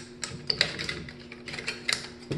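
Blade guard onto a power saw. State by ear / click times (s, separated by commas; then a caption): seated / 0.5 s, 0.6 s. A power saw's blade guard is pushed over its mount until it snaps on. Sharp plastic-like clicks sound at 0.5 and 0.6 seconds, amid lighter tapping and a steady faint hum. A weaker click follows around 1.9 seconds, and the guard is seated.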